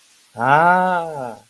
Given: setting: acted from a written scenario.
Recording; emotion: vocal sound without words; awe